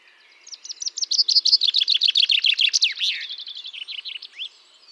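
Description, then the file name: Common chaffinch song: a bright rattling trill of rapid notes that steps down in pitch, then ends in a sharp flourish, lasting about four seconds. "Fringilla coelebs"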